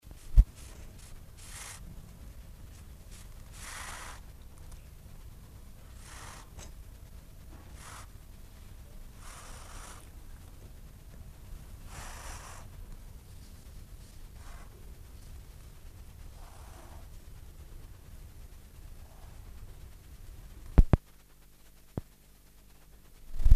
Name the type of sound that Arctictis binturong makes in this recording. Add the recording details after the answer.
hissing. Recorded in captivity. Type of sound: hiss. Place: Zoo Berlin, Berlin, DE. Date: 1959-01-21 15:15. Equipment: Reporter (Vollspur). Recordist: TSA. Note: Fauchen (oder Schnaufen) gegen Beobachter (Abstand ca.50 cm)